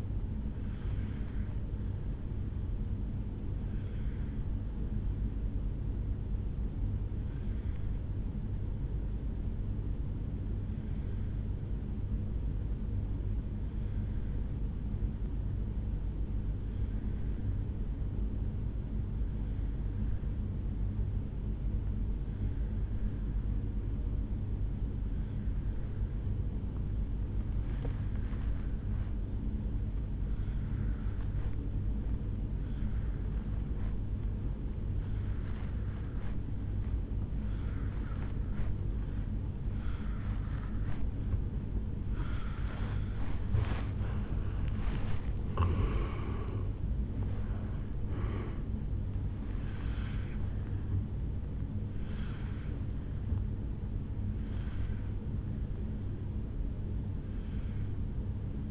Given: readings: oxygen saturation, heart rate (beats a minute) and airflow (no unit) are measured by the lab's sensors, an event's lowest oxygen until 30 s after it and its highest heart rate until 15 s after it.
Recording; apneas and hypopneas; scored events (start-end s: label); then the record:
breathing in sleep by a smartphone at the bedside; 1
7.00-42.00 s: obstructive apnea (N2, oxygen 96% highest, then 84% lowest, heart rate 55 at the start, 76 highest)
From the record:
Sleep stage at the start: N2 (light sleep); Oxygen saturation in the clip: 82 to 96%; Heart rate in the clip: 53 to 76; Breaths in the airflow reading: 4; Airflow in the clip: -12.2 to 10.1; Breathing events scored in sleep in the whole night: 449 in 7.0 hours asleep